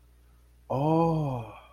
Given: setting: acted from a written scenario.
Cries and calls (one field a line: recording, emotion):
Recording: vocal sound without words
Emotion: awe